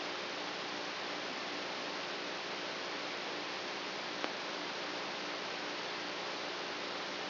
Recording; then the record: brain microelectrode recording played as sound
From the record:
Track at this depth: outside the subthalamic nucleus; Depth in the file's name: -1.109 mm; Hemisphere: right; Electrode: 3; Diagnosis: Parkinson's disease